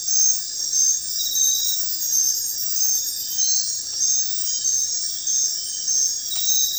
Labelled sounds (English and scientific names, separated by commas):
none